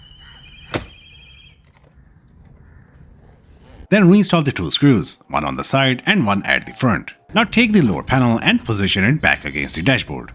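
A plastic dashboard trim panel on a Kia Sportage, near the driver-side AC air vent, is pressed along its edges into the dashboard, giving a sharp click at 0.7 s as its clips seat, followed by two faint ticks around 1.7–1.8 s. The panel is seated, and from about 3.9 s someone talks.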